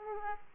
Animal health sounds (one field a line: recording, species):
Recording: mosquito wingbeat signal from an infrared sensor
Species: Aedes aegypti